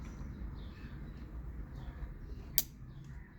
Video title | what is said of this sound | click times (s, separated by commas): How to replace headlight switch stalk in Kia Sportage | Take the yellow airbag connector, align it with its slot and push it in until you hear a click. | 2.6 s